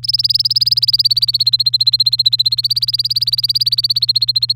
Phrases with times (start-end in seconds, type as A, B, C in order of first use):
0.03-4.53 A